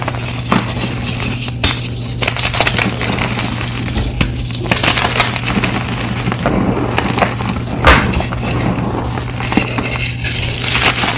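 Gym chalk is crushed by hand in a continuous gritty crunching and crackling that fills the whole clip. Sharper bright crunches stand out near 0.5, 1.7, 4.5 and 8 seconds. A steady low hum runs underneath throughout.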